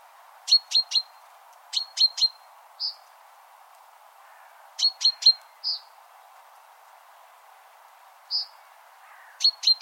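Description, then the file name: Great tit calls, sharp high clicking triplets repeated every few seconds, with occasional softer single notes, over faint low background hiss. "Parus major"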